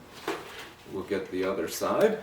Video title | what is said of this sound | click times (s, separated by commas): Safe Work Practices Hearing Protection 1600 - 008 | right in there you heard it snap into place | 0.3 s